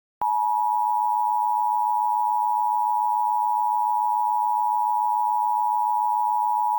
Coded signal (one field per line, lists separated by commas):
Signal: Emergency Alert System (SAME) tones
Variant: 853 and 960 Hz attention tone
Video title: (EAS MOCK) Northwest Nuclear Disaster (#2)